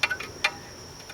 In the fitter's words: push in there until they snap into place push